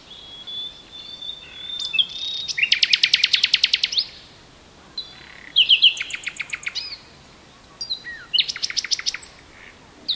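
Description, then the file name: Common nightingale singing loud, rapid rattling trills of repeated notes in three phrases, with silent gaps between. "Luscinia megarhynchos"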